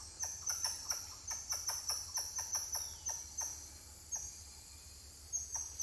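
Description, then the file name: Titi monkey gives a fast string of punchy repeated notes that fades out midway, then a few scattered notes return, with buzzing insects throughout. "Titi monkeys calling"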